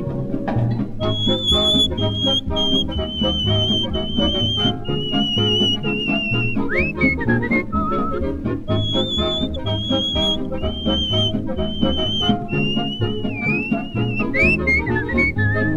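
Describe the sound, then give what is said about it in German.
A bright, high whistled melody with short trills and gliding notes, imitating a parrot's piping, played in a song over a steady, full orchestral backing with a rhythmic beat. “Und er pfeift aber wie manche Melodie, denn er ist ein Genie, Eduard, mein Papagei.”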